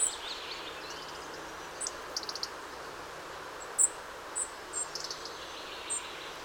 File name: Erithacus rubecula